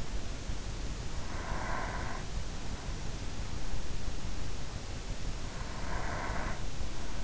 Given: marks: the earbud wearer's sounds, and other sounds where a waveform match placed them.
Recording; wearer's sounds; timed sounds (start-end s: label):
sounds in sleep by an in-ear microphone; breath
0.98-2.28 s: breath
5.24-7.24 s: breath